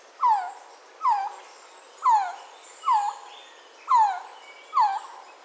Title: Resplendent Quetzal (Pharomachrus mocinno)